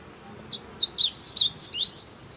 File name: Amaurospiza concolor - Blue Seedeater